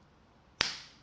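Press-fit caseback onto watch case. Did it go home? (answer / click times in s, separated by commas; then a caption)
yes / 0.6 s. The press-fit caseback of a quartz watch is pressed closed by hand with the fingers after a battery change. A single short, sharp click is heard at 0.6 s, with brief bright high-frequency decay, against a quiet background. The caseback snaps shut and is seated.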